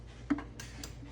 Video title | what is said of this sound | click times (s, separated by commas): July 30, 2026 | So if you open it, you can hear it click. | 0.3 s, 0.6 s